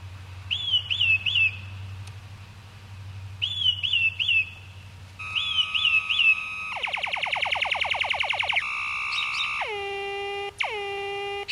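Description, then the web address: Mockingbird song: repeated high phrases in short bursts, then a long buzzy trill and loud falling whistled notes. "david sounds Mimus"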